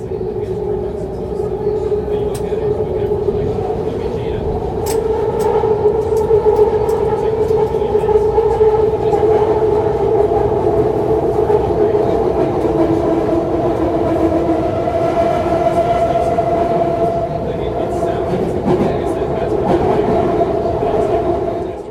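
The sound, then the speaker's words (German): A train races closely past with a heavy, continuous rumble and a sustained metallic whine whose pitch slowly drifts, staying loud and steady throughout with faint rattling clicks mixed in. “Als ich plötzlich einen Zug hörte, der dicht an mir vorbeiraste und dann von einer gewaltigen Explosion zerfetzt wurde und entgleiste.”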